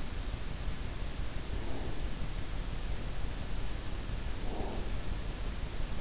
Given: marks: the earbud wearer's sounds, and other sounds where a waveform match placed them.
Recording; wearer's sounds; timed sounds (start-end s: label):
sounds in sleep by an in-ear microphone; breath
1.49-2.26 s: breath
4.24-5.04 s: breath